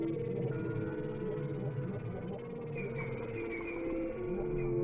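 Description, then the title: Whale song: steady overlapping tonal hums and moans, joined near the end by a series of higher chirping sweeps. Whale sounds without music. "WHALE SOUNDS, WHITE NOISES"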